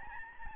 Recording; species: mosquito wingbeat signal from an infrared sensor; Aedes albopictus